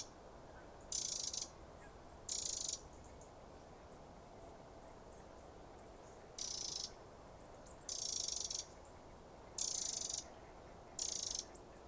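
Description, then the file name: Eurasian wren giving six short, harsh, rasping churrs, separated by pauses of under a second to several seconds, with low background hiss. "Troglodytes troglodytes"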